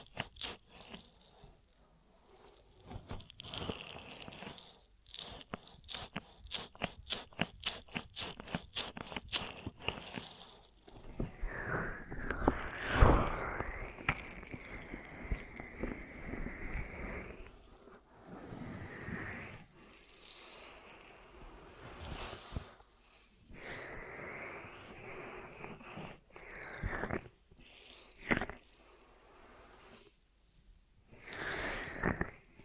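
Ear massage triggers: rapid crinkly rattling and rubbing bursts, a dense swelling stretch midway around thirteen seconds, then softer scratchy strokes separated by brief pauses.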